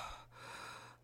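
A soft, airy hiss lasts about a second, with a brief dip partway through. It is an adult's mouth imitation of the fine, normal breath sounds heard with a stethoscope farther out from the windpipe, all the way down to the lung bases near the diaphragm, finer than the coarse, snoring-like sounds heard near the windpipe.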